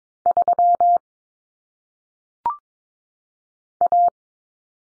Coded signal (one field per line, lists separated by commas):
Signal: Morse code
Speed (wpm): 22 wpm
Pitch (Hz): 700 Hz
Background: none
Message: 3 A